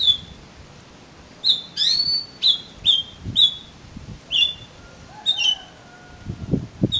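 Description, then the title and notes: Oriental magpie-robin song of clear, spaced whistled notes about once per second, one rising sweep, with a faint lower whistle drawn out near the end. "suara kacer. kumpulan suara burung kacer"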